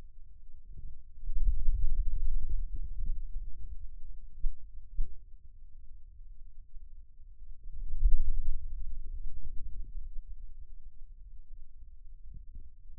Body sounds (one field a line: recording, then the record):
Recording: forearm muscle sounds (acoustic myography)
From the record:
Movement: pen grasping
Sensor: system 2, bracelet of six BSWA MPA416 microphones around the upper forearm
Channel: 1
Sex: male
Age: 22 years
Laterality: right